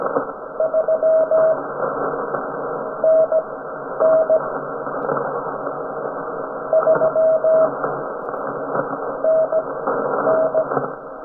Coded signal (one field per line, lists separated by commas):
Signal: Morse code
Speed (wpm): 17 wpm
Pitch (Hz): 640 Hz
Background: radio noise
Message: 3 NN 3 NN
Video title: Making a Contact on a Homemade Morse Code Transmitter!